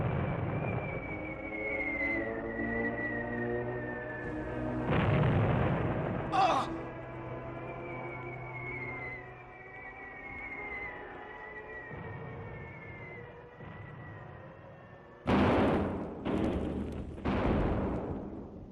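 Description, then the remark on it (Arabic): Heavy booms of artillery shelling and falling bombs with bursts of gunfire in a dramatized war scene, striking in sharp, loud blasts, one midway and a rapid cluster near the end, over a sustained wavering tonal drone. “أحسن يكون الضرب ده كله عليه.”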